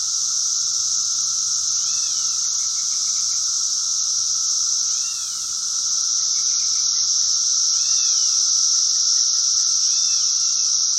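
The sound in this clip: Cicadas drone continuously in a dense high buzz, while short arched chirps and quick ticking notes recur about every three seconds underneath.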